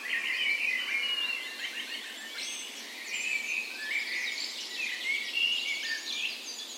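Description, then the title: Birds: a dawn chorus of birds with quick warbled phrases, chirps and sharp trills from several singers layered over one another. Spring dawn chorus recorded on the morning of 17 May, Norway's National Day, in a park west in Bergen, Norway; Sony PCM A10 recorder with LOM micro Usi microphones as tree ears. "17th Of May Dawn Chorus"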